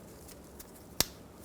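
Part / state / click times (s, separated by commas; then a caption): wiring harness connector onto ABS wheel speed sensor / seated / 1.0 s. A wiring harness connector is pushed onto a new ABS wheel speed sensor on a 2000-2007 Ford Focus. After faint quiet ticks, one sharp, bright click sounds at 1.0 s as the connector seats and locks in.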